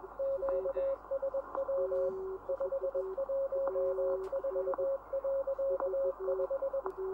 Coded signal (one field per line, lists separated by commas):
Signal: Morse code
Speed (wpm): 18 wpm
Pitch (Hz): 540 Hz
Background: radio noise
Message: QSW 514.5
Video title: QRT 500 - The Close Down of 500 kHz in the United Kingdom -